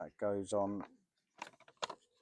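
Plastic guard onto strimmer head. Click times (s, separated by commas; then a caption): 1.8 s. Someone talks while a plastic guard is fitted onto the head of a Bosch EasyGrassCut 18 18V cordless strimmer. A few small plastic knocks and rattles follow as it is pushed on, and it snaps into place with a sharp click at 1.8 s, leaving the guard clipped on and seated.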